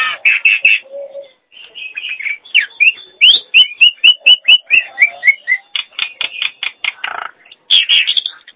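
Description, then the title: Nias hill myna song: a mix of chattering notes, a low nasal call, and a run of clear whistled notes falling in pitch, then more harsh notes. "Jalak Nias"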